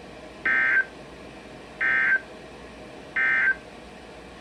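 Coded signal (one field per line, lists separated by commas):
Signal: Emergency Alert System (SAME) tones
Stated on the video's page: Alert audio streamed from monitoring of an EAS relay network.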